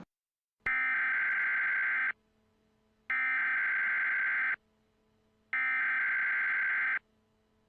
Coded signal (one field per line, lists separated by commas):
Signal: Emergency Alert System (SAME) tones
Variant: header bursts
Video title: The Allen Asylum - Custom Emergency Alert System (EAS)